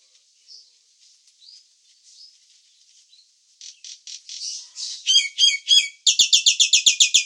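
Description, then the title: Nias hill myna calls, soft faint notes at first, building through squeaky repeated phrases into a loud, rapid buzzy series in the last seconds. "burung jalak nias"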